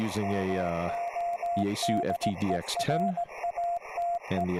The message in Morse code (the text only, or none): MODERATE